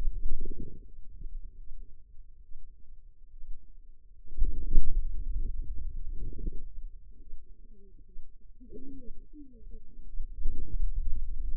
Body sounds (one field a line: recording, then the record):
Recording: forearm muscle sounds (acoustic myography)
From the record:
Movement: pen grasping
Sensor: system 2, bracelet of six BSWA MPA416 microphones around the upper forearm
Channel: 2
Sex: female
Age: 25 years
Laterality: right